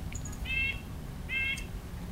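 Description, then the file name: Nuthatch calls: two short, nasal, horn-like notes about a second apart, each evenly pitched and rich in overtones, over a low background rumble. Several nuthatches, Long Canyon, September 2019. "Nature A 201909 Sept Long Canyon Nuthatches"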